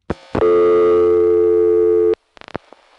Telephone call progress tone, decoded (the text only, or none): dial tone